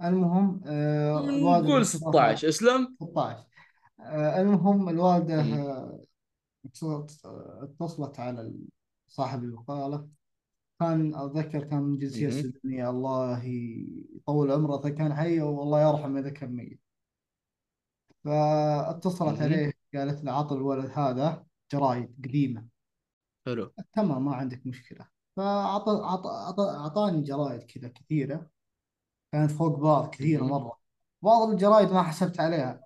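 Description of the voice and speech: A man of about 21 tells a story in Arabic with repeated sound starts and stretched sounds, typical of stuttering. His stuttering and difficulty speaking began in early childhood.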